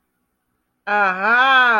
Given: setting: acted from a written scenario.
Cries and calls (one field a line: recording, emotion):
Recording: vocal sound without words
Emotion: realization